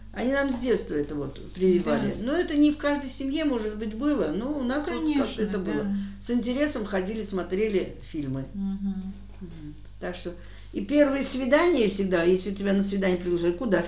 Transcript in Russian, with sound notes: Они нам с детства это прививали, но это не в каждой семье, может быть, было, но у нас так вот это было. С интересом ходили, смотрели фильмы. [Респондентка 2 поддакивает] Так что… и первое свидание всегда, если тебя на свидание приглашали, куда?